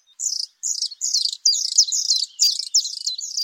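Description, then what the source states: Bluethroat song: high, rapid phrases of buzzy, insect-like trills mixed with thin whistles, delivered in short bursts with brief gaps, pressing on continuously. Male singing in the Arctic in spring; song of insect-like trills mixed with whistles and buzzes, pressing on and on.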